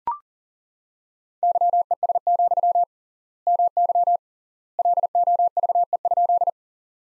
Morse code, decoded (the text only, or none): YES, MY LOVE?